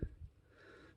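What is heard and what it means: A detached ball-joint leg segment of a Joby Original GorillaPod flexible tripod is pushed back into its plastic socket and snaps in with a short low click at 0.0 s, followed by a softer knock around 0.2 s. Faint rustling follows, and the segment is confirmed seated.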